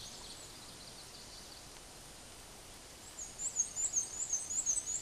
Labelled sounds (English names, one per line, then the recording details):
Black-and-white Warbler song
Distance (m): 25 m
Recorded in a Pennsylvania forest on 17 May 2023 at 12:11
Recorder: AudioMoth, point grid1_28_low
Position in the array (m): 76 m, 97 m